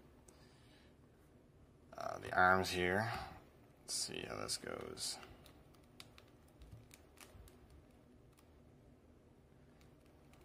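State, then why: Not seated. Someone talks while pushing a plastic action figure arm into the shoulder socket of a build-a-figure torso, followed by a few faint light ticks and taps. The arm has not clicked into place; it seems to be in, but nothing has seated with a click yet.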